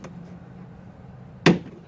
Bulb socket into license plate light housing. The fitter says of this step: that you'll hear it click I think